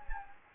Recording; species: mosquito wingbeat signal from an infrared sensor; Anopheles gambiae